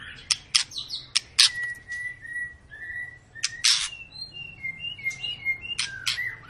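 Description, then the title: White-rumped shama song with sharp clicking notes and sustained pure whistles. Long, lively singing used as a lure recording to make other birds sing. "Pancingan Murai Batu Gacor Panjang"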